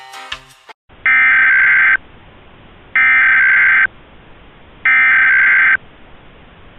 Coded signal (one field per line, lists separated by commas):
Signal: Emergency Alert System (SAME) tones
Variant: header bursts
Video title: EAS Mock "Tornado" Warning (Requested)